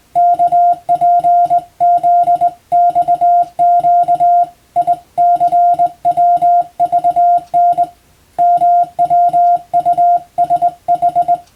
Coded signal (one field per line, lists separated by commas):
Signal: Morse code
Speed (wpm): 20 wpm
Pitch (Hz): 700 Hz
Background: music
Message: KPZXQ ICWVN MWUSH